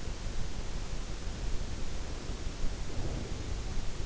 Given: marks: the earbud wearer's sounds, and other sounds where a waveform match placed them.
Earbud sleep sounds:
sounds in sleep by an in-ear microphone; breath
2.17-3.83 s: breath

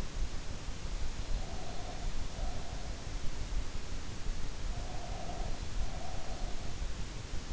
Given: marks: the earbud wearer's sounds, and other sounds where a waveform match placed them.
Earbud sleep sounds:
sounds in sleep by an in-ear microphone; breath
1.27-2.83 s: breath
4.53-6.83 s: breath

